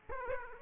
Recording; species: mosquito wingbeat signal from an infrared sensor; Aedes aegypti